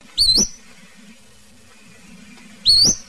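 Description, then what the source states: Western flycatcher calls, two sharp rising high notes about two and a half seconds apart, with low background rumble. Recorded in northwestern California.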